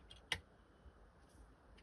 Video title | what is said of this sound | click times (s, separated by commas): Astromod a Cheap DSLR for Free! Pt.2 - The Tutorial | I don't think there's anything jammed underneath it feels good and that's locked into place | 0.3 s